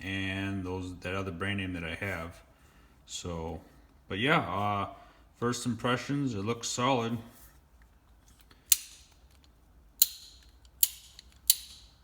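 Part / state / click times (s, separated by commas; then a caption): indexing head detent of a steel pry bar / seated / 8.7 s, 10.0 s, 10.8 s, 11.5 s. Someone talks for the first seven seconds, then the indexing head of an Olsa Tools steel pry bar is rotated through its positions. It locks into its detent with a sharp click at 8.7, 10.0, 10.8 and 11.5 s, each a solid click with solid engagement.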